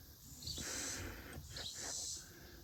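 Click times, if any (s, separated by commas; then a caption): none. A metal part is lined up with a notch on the engine of a Yamaha G1 golf cart and worked toward its seat. Two broad rasping bursts of handling noise are heard, at about 0.5–1.3 s and again at about 1.5–2.2 s, over a low background rumble. Nothing has seated or clicked yet.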